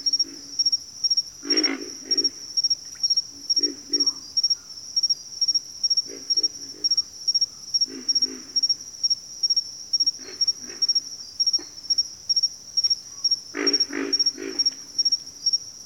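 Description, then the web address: Pig frog grunts, low rough bursts in irregular clusters, some doubled, over a steady high-pitched cricket trill that pulses throughout. "Natures Songs Sleep Sounds of Nature CRICKETS Pig Frogs"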